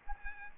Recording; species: mosquito wingbeat signal from an infrared sensor; Aedes aegypti